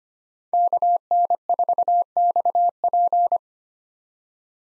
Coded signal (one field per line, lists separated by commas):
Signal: Morse code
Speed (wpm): 25 wpm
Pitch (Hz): 700 Hz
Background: none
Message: KN4XP